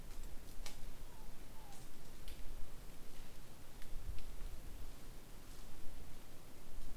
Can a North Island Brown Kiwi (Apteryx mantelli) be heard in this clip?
no